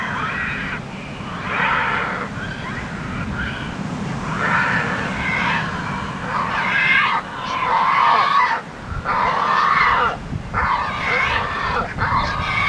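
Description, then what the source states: Pelican calls: loud, harsh, raspy bursts about a second long, repeated every one to two seconds over a steady low rumble. Soundscape of a pelican nesting colony on Isla Iguana, October 2005.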